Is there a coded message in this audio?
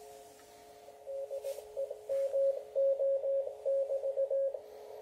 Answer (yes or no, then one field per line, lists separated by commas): yes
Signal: Morse code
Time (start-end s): 1.1-4.5 s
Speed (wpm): 18 wpm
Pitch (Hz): 550 Hz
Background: radio noise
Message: DEMO<BT>